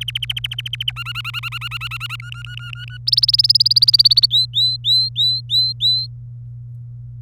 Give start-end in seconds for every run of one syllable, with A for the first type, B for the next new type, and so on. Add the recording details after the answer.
0.01-0.92 A, 0.96-2.16 B, 2.20-2.98 C, 3.07-4.26 D, 4.30-6.06 E. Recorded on 27 April 2018 at 10:27. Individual llb3